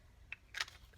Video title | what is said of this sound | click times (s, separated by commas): Frankincense and Myrrh Roll On Perfume | push it down, make sure it clicks, | 0.3 s